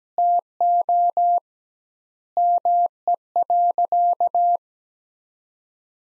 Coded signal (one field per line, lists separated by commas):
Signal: Morse code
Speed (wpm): 17 wpm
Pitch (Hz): 700 Hz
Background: none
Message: TO ME.